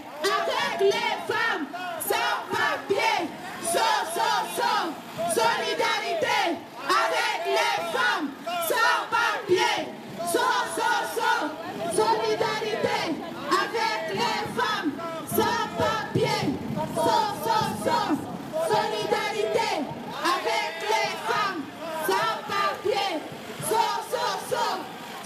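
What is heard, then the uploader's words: Women chant together at a protest, their voices rising and falling in a steady, repeated call across the whole stretch. The crowd sound stays dense and fairly bright, with rhythmic bursts every second or so and no pauses or quiet moments. Solidarité Chant. Brussels. Women refugees protest. Recorded to iPhone by Joel Schalit.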